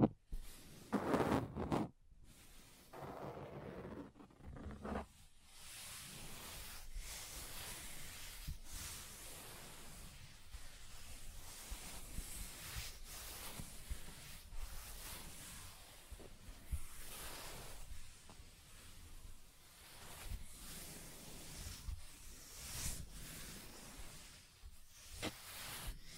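Scratching on a table surface, starting with a loud, low rubbing burst in the first two seconds, then a softer stroke around three to four seconds. After that come repeated short, bright scrapes at an uneven pace, some sharper clicks among them, over a steady faint hiss.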